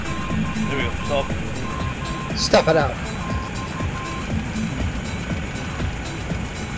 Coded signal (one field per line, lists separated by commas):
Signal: Morse code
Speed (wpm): 13 wpm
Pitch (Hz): 1050 Hz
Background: speech, music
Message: YQX